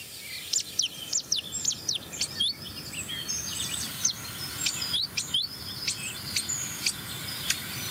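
A songbird mimics great tit song: a busy run of high, sharp chirps and whistled notes, steady and fairly loud, with repeated two-note phrases toward the end and no talking.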